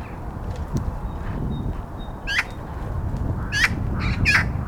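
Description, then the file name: Eurasian magpie giving harsh, rasping single calls, four spaced notes in the second half, over a steady low rumbling background. "Pica pica"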